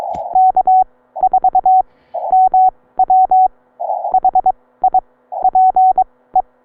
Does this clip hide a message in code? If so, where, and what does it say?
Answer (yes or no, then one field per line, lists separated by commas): yes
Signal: Morse code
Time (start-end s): 0.4-6.4 s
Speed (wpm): 23 wpm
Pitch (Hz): 750 Hz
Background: none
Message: K4MW HI PE